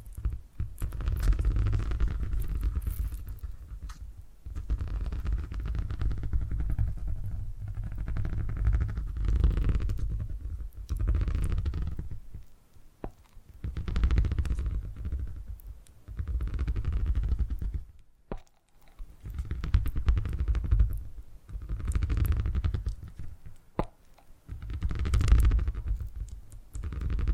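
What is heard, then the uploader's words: A cat purrs in a deep, low rumble that swells and fades in breathy cycles every few seconds, with brief silent pauses between. Purring Triggers.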